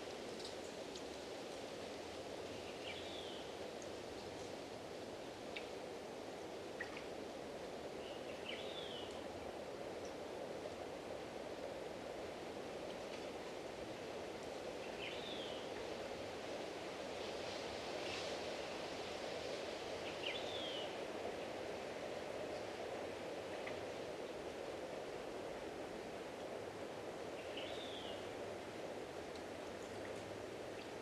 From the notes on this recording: Big Cypress Preserve, Florida